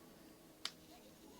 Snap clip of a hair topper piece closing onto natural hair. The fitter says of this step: it down and you're gonna hear that snapping sound again and so on to the back you're